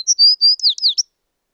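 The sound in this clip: American tree sparrow song fragment: clear high whistled notes followed by two quick descending slurs, brief and crisp against silence.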